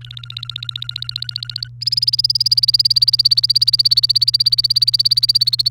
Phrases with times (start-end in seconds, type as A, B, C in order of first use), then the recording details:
0.01-1.68 A, 1.81-5.69 B. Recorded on 28 April 2018 at 13:53. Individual llb3